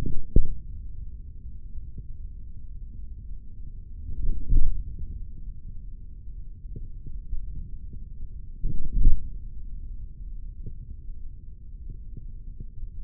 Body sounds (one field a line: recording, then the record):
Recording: forearm muscle sounds (acoustic myography)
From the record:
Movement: hand closing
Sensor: system 3, bracelet of six PUI Audio POM-2738L microphones around the upper forearm, with dedicated amplification and filtering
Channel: 5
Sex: male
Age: 56 years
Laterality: right